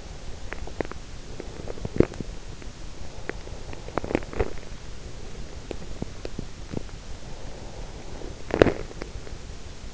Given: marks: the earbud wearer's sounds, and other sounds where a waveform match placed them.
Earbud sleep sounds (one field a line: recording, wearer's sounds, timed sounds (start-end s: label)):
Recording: sounds in sleep by an in-ear microphone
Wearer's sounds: body movement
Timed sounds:
0.00-9.23 s: body movement